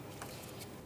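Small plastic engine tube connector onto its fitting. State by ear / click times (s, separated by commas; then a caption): seated / 0.2 s. A small plastic engine tube connector on a 2003–2007 Cadillac CTS 3.6L V6 is lined up and pressed onto its fitting, giving one short, sharp click at 0.2 s over a low, steady background hum. The connector is seated, then given a light tug to check it.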